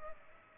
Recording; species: mosquito wingbeat signal from an infrared sensor; Culex pipiens